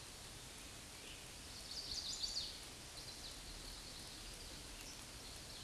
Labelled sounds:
Chestnut-sided Warbler (Setophaga pensylvanica) song
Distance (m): 40 m
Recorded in a Pennsylvania forest on 17 May 2023 at 13:54
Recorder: AudioMoth, point grid1_7_low
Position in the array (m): 189 m, 41 m

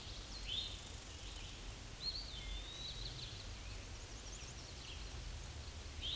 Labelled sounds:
Eastern Wood-Pewee (Contopus virens) song
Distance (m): 30 m
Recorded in a Pennsylvania forest on 18 May 2023 at 07:19
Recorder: AudioMoth, point grid1_13_low
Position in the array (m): 121 m, 162 m

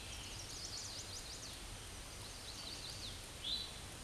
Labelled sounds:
Hooded Warbler (Setophaga citrina) song
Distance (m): 30 m
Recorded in a Pennsylvania forest on 18 May 2023 at 09:32
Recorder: AudioMoth, point grid1_31_low
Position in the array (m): 172 m, 84 m

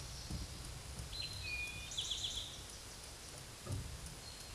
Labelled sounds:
Eastern Towhee (Pipilo erythrophthalmus) song
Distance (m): 20 m
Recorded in a Pennsylvania forest on 17 May 2023 at 13:25
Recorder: AudioMoth, point grid1_8_low
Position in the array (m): 114 m, 105 m

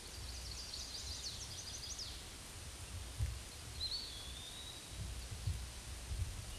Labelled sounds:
Eastern Wood-Pewee (Contopus virens) song
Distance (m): 35 m
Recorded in a Pennsylvania forest on 18 May 2023 at 13:38
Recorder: AudioMoth, point grid1_12_low
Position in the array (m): 188 m, 148 m

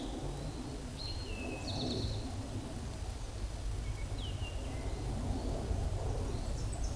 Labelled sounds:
Eastern Towhee (Pipilo erythrophthalmus) song
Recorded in a Pennsylvania forest on 17 May 2023 at 13:24
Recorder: AudioMoth, point grid1_9_low
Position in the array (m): 46 m, 69 m

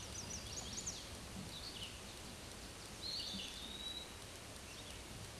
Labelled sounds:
Eastern Wood-Pewee (Contopus virens) song
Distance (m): 30 m
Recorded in a Pennsylvania forest on 18 May 2023 at 11:25
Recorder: AudioMoth, point grid1_35_low
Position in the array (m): 187 m, 145 m

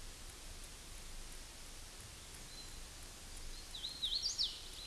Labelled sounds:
Hooded Warbler (Setophaga citrina) song
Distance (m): 50 m
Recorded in a Pennsylvania forest on 17 May 2023 at 20:30
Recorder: AudioMoth, point grid1_4_low
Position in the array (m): 85 m, 92 m

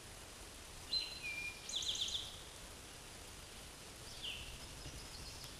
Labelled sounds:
Eastern Towhee (Pipilo erythrophthalmus) song
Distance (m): 35 m
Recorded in a Pennsylvania forest on 17 May 2023 at 13:14
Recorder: AudioMoth, point grid1_27_low
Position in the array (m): 119 m, 84 m

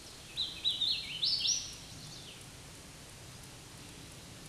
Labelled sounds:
Hooded Warbler (Setophaga citrina) song
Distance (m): 15 m
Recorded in a Pennsylvania forest on 18 May 2023 at 10:16
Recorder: AudioMoth, point grid1_16_low
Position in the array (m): 228 m, 139 m

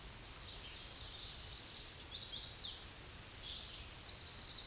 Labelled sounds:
Chestnut-sided Warbler (Setophaga pensylvanica) song
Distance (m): 35 m
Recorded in a Pennsylvania forest on 18 May 2023 at 07:47
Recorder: AudioMoth, point grid1_41_low
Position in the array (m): 119 m, 208 m

